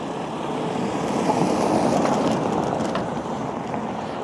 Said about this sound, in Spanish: Vamos a esperar a que pase el camión de la basura.